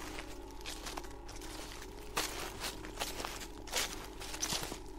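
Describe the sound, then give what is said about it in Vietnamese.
Footsteps crunch and rustle across dry leaves in an irregular pace, each step a crisp crackling burst over a steady low hum, with no voices. “Bởi vì vừa mới vài giây trước thôi, bà nghe có tiếng bước chân sột soạt như ai dẫm trên lá cây đi qua đây vậy.”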